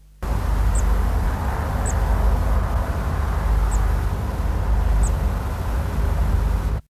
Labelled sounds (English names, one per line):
Hawfinch call